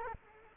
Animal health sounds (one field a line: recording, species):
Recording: mosquito wingbeat signal from an infrared sensor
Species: Culex quinquefasciatus